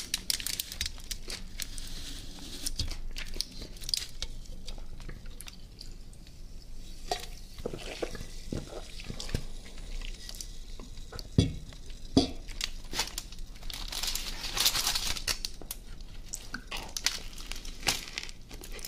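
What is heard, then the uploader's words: Döner and Coca Cola ASMR: crinkly wrapper rustles and moist crunchy bites come in irregular bursts, with sharp clicks around twelve seconds. Mukbang ASMR Food Döner & Coca Cola.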